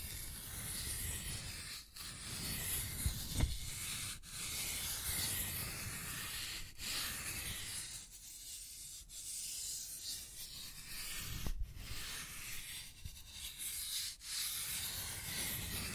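Scratching and tracing on a surface, a dense, steady rasp that fills the highs and runs almost without pause. Brief gaps break the strokes near 2, 4, 7 and 14 seconds, and sharper scrapes stand out around 3.5 and 11.5 seconds.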